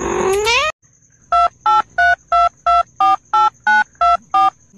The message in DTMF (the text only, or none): 2832248924